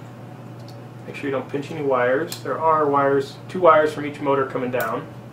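Someone talks while refitting the plastic top shell onto a quadcopter frame, lining up the small tabs and keeping the two wires from each motor clear so none are pinched. A low steady hum runs underneath the speech. Nothing has seated or clicked into place yet.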